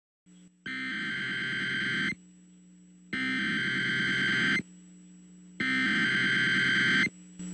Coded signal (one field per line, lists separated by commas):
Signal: Emergency Alert System (SAME) tones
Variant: header bursts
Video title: EAS Scenario - Tornado Warning VS. Tsar Bomba